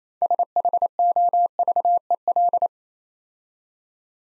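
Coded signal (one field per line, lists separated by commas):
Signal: Morse code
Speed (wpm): 27 wpm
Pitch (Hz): 700 Hz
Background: none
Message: SHOVEL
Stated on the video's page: Morse practice of easy words at 22 wpm in speed-racing format, starting fast and slowing down, with contextual hints.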